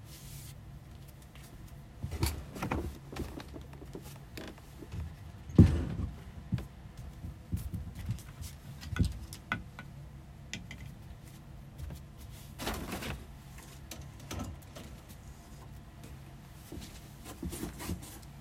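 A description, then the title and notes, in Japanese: Cleaning and tidying while a desk and sofa are moved about. Irregular knocks, thumps and scrapes come every second or two, with sharp bright hits near 2, 5.5, 9 and 13 seconds over a low rumbling base. Quieter shuffling fills the gaps. 掃除と片付け。机とソファの位置を変える。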